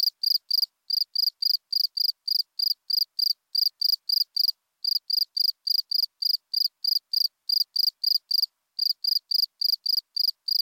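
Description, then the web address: Northern spring field cricket giving a long run of high, slightly buzzy chirps, broken by a few short pauses. "Crickets and Katydids Northern Spring Field Cricket, Gryllus veletis"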